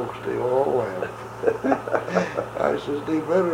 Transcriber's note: chuckles